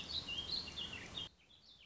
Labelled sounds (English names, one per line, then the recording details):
Warbling Vireo
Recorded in Sonoma County, California